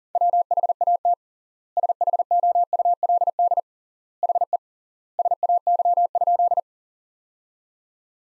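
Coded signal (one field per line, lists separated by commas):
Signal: Morse code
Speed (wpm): 40 wpm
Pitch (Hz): 700 Hz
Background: none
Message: WHAT SHOULD HE SAY?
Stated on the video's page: Practice sentences from top 300 words sent at 40 wpm with three times standard word spacing, a word-level analogue of Farnsworth spacing.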